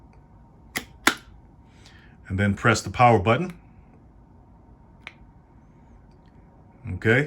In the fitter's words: into the bottom portion and push it in until it clicks